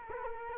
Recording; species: mosquito wingbeat signal from an infrared sensor; Culex quinquefasciatus